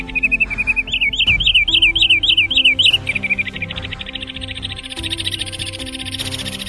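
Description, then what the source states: Wood Sandpiper calling: a rapid series of sharp, high whistled notes. One of the waders.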